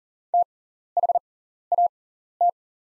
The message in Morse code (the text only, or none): THAT